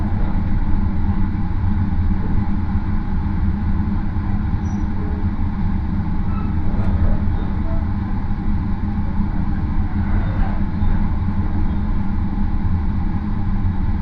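Onboard the rapid Marine Liner train from Takamatsu to Okayama, a constant low rumble and roar fills the ride with steady, dense running noise. Faint brief clicks and squeaks surface now and then, near seven and ten seconds, without breaking the even drone.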